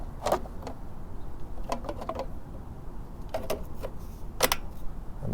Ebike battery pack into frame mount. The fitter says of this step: that snaps back into place